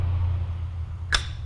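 The activator plunger in the bottom of a 2K clear-coat aerosol can is pressed slowly with the can set down, over a low steady hum. A sharp crack at 1.1 s marks the internal plunger breaking through and seating, activating the two-component can.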